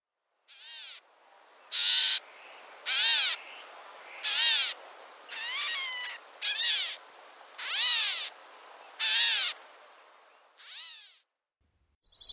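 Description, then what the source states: California Gnatcatcher calls: nasal, mewing notes repeated every second or so, eight in a row and then one more after a pause. Calls described as prolonged and cat-like, more like Blue-gray than Black-tailed Gnatcatcher; recording from the Cornell Guide to Bird Sounds or audubon.org.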